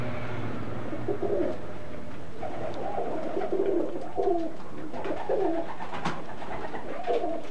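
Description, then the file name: Tumbler pigeon coos, a chain of low, gurgling phrases repeated several times. Tumbler pigeons kept by their owner, Alfred Baldia, in 1984. "Baldia Alfred mit seinen Tümmler Tauben im Jahre 1984"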